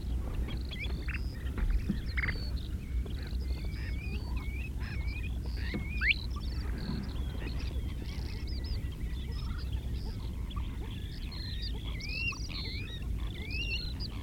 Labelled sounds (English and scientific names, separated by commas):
Kentish Plover (Charadrius alexandrinus) call